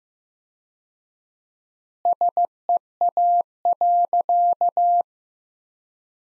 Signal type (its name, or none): Morse code